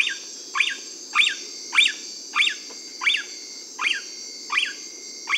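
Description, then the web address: Kinkajou giving a steady run of shrill, downward-sweeping squeaks with a constant high buzz behind. South American rainforest mammal. "Natures Songs S America Mammals of the Rainforest Kinkajou"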